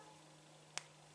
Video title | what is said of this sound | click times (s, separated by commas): Cheap and expensive 13 amp plugs | a nice positive click it's rounded as well so you get you get the | 0.8 s